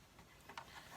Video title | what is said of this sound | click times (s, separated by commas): 3D printed Bronco interior from RC Voodoo | snapped right into them crews that's | 0.5 s, 0.6 s